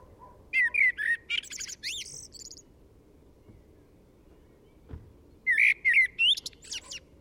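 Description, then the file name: Eurasian blackbird delivers a fluty phrase with a squeaky high ending, then a long silence before a second warbled phrase; a faint dull knock in between. "Turdus merula"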